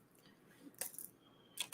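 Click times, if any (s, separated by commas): none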